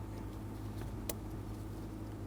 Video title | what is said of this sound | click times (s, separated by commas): How to Replace Air Bag Clock Spring 2005-2015 Toyota Tacoma | install the connector and then push the lock tab down you'll hear an audible click | 1.1 s